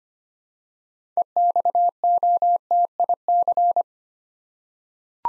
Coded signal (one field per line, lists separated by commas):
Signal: Morse code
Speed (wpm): 25 wpm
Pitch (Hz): 700 Hz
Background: none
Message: EXOTIC